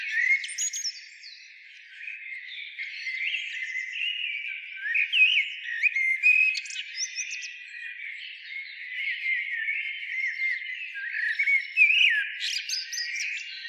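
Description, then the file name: Common blackbird twittering steadily throughout, a dense run of chirps and short slurred whistles with occasional sharp high squeaks, loudest around five and twelve seconds. "Turdus merula"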